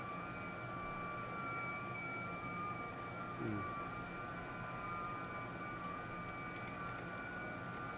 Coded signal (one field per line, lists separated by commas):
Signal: FT8